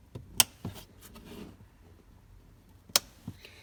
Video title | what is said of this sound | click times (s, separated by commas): How To Change the Engine Air Filter and Cabin Air Filter - 2018 Honda Accord Sport 1.5 | you'll hear the two sides clip in | 0.4 s, 3.0 s